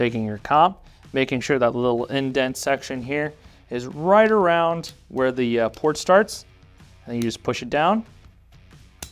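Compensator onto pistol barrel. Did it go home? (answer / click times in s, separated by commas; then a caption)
yes / 9.0 s. A compensator is lined up with its indent at the port of the barrel of a Canik TTI Combat 9mm pistol, pushed down, and spun until it locks onto the barrel. Someone talks throughout, and a short, sharp click at 9.0 s marks the compensator locking into place.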